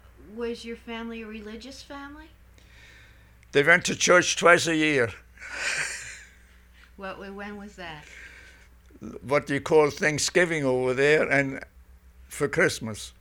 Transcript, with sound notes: was your family a religious family?
They went to church twice a year. ( he laughs )
When was that?
What they call Thanksgiving over there, and for Christmas.